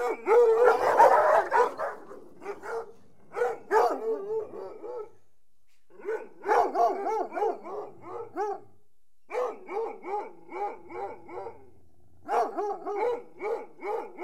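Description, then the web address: Dog giving a loud opening burst, then runs of quick, yelping barks with wavering howl-like notes, in several bouts separated by short silences. "The BBC Sound Effects Library - Complete 60 CDs Collection Sound Effects Library-38 (Horses # 2 and Dogs)"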